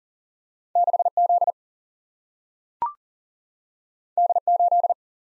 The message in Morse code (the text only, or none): 6 Z D 8